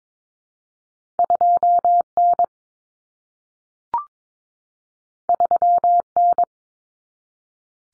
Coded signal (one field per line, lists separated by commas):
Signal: Morse code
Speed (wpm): 22 wpm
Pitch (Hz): 700 Hz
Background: none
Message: 2N 3N